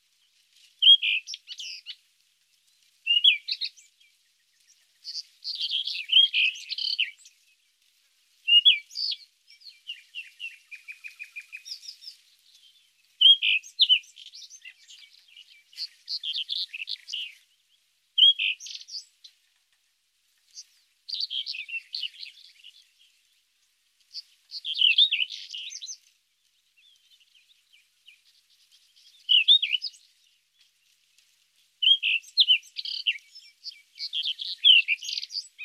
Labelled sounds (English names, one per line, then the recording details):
Rufous-tailed Scrub Robin song
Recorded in the wild
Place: National Independence Park, Aschgabat, TM
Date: 2001-05-15
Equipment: MiniDisc Sharp MT 20 H
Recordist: Schwarz, Dieter
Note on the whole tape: Song